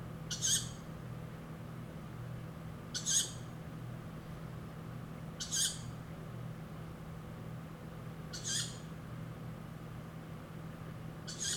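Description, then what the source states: Tawny owl repeating a harsh, wheezy high call five times, every few seconds, with a constant low droning hum beneath. Young tawny owl that has left the nest (branchling).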